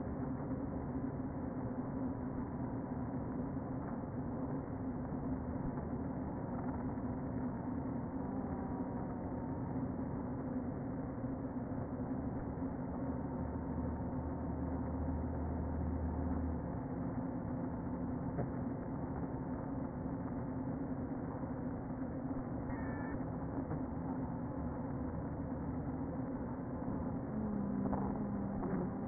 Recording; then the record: honeybee colony, microphone inside the hive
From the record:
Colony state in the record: queen present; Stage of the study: before two queens were removed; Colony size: about 60,000 bees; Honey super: yes